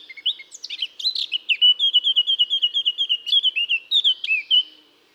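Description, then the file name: Eurasian blackcap song: a brief scratchy start, then a long run of clear, fluty whistled notes, quick and slightly varied in pitch, fading at the end. "Sylvia atricapilla"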